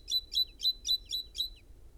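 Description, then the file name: Great tit chatter call, six quick scratchy notes in a rapid, regular run lasting under two seconds. "Parus major"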